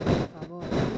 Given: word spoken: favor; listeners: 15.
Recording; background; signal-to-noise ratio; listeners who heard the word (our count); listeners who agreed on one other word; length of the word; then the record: one Spanish word in noise, from a listening test; noise modulated by one talker; -10.5 dB; 6 of 15; 6 of 15; 0.58 s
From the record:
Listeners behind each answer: 6, 6, 1, 1, 1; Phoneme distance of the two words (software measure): 21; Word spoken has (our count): 2 syllables, 5 phonemes, stress on syllable 2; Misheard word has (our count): 3 syllables, 8 phonemes, stress on syllable 3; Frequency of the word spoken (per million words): 143.01